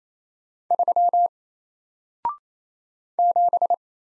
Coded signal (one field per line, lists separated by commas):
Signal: Morse code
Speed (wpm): 27 wpm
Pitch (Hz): 700 Hz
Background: none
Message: 3 7